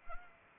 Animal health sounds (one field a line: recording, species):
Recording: mosquito wingbeat signal from an infrared sensor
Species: Anopheles arabiensis